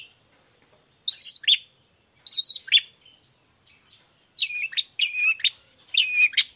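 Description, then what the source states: Long-tailed shrike song: short whistled, slightly buzzy phrases in small clusters, separated by clear silent gaps. Cendet singing vigorously (gacor) in the morning with 'toet toet' variation, clear voice and full variation; said to be very easy for any cendet to imitate.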